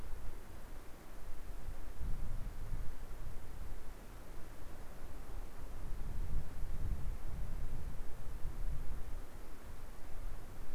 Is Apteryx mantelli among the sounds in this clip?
no